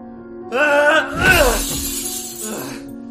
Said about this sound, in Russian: С криком он разбил ударом кулака ненавистное ему изображение и опустился рядом, прямо на осколки.